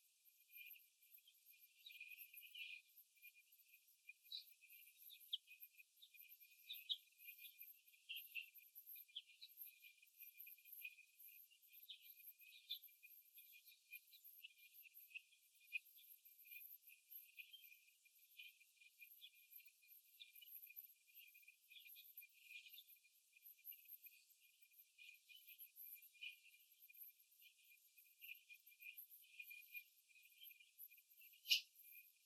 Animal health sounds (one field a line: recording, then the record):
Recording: young laying hens in a cage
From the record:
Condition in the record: after the stressor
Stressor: simulated dog barking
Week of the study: 1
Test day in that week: 2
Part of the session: 3